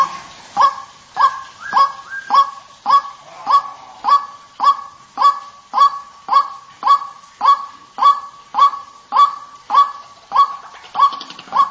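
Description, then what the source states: White-breasted waterhen giving a monotonous series of short, loud notes, each repeated at an even pace of roughly 0.6 seconds, with no other sounds. Lure recording (pikat) of the white-breasted waterhen.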